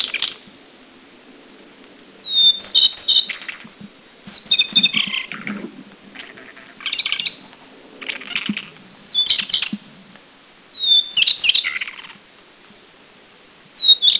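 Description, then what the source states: Taiwan shortwing song in repeated brief phrases, several opening with a high whistle followed by fast jumbled twitters, with faint low background rustling. Recorded at Anmashan, Taiwan, in April 2010.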